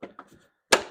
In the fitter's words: just snaps into place